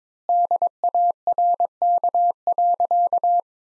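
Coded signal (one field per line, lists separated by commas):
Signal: Morse code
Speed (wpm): 22 wpm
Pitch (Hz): 700 Hz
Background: none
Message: DARK.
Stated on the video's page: Morse practice of sentences from the top 500 words at 22 wpm with 4x standard word spacing, a Farnsworth-like method for head-copy.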